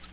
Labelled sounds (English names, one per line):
Nashville Warbler flight call